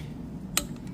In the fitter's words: Yeah, there it goes. You'll hear it, too.